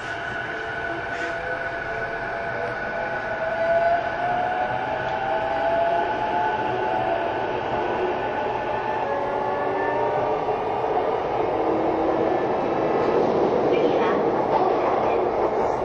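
A train runs steadily, its rumble and rolling noise holding constant throughout. A whining motor tone glides upward in pitch from about four seconds on, with faint higher squeals and a slight swell in loudness later.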